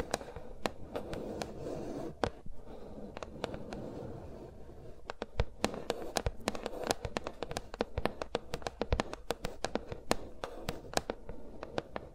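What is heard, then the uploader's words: Fingers tap and brush around microphones, sharp clicks scattered at first, then quicker and denser after five seconds, over a soft rustling murmur. ASMR with Mics Around My Fingers (No Talking).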